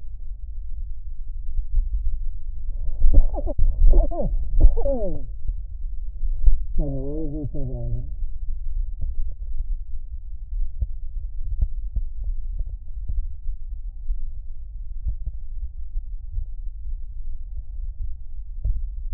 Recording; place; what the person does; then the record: lung sounds by stethoscope; left anterior apical chest; quiet breathing, then cough and speech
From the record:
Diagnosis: COPD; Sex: male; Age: 77 years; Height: 164 cm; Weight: 58.2 kg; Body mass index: 21.6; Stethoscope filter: extended mode